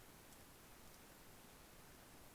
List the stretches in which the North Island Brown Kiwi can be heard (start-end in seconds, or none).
none